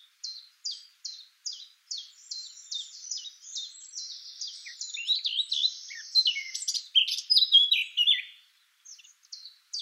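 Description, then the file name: Eurasian blackcap song opening with quick repeated notes that build into a dense, rich warble, then a pause and a few quieter repeated notes. "Sylvia atricapilla"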